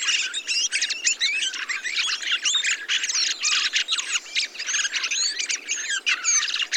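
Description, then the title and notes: Thrushes chattering and warbling together, a thick tangle of high squeaky whistles and rattling notes from many birds at once, barely a gap throughout. Large mixed flock of mistle thrushes, song thrushes, redwings and fieldfares with some blackbirds feeding on abundant berries, watching together for sparrowhawk and goshawk; blue sky; Montagne du Puy, Drôme, France; 22 November 2020; Nagra recorder with Telinga parabola. "POT-POURRI DE GRIVES. 22 novembre 2020-Montagne du Puy - Drôme. Grives draine, musicienne, mauvis et litorne plus quelques merles"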